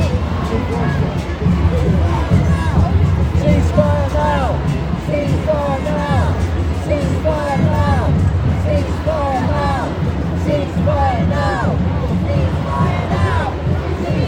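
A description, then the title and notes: A large street march: a dense, steady crowd of overlapping voices, with occasional louder shouts rising throughout, and low city rumble underneath. Palestinian Solidarity March, London, UK. Hundreds of thousands of people marched peacefully through London calling for a ceasefire in Gaza. Chanting “ceasefire now” and “stop bombing children”.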